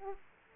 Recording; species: mosquito wingbeat signal from an infrared sensor; Aedes aegypti